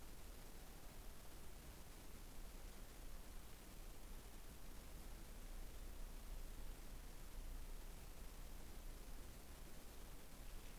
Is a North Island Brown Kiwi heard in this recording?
no